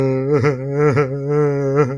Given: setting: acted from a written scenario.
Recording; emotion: vocal sound without words; sadness